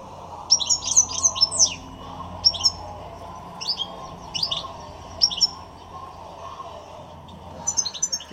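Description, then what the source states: European goldfinch song: bright, tinkling twitters in several short bursts with gaps between phrases, and a steady low hum behind. Pet goldfinch kept at home; owners' recording of it singing, played back.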